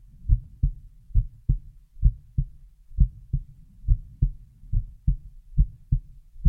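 Steady paired low thumps, a lub-dub pattern at about 70 beats a minute with an even rhythm. A quiet, close adult heartbeat with no other sounds.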